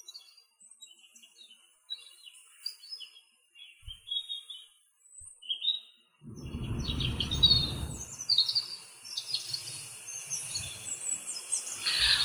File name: Robin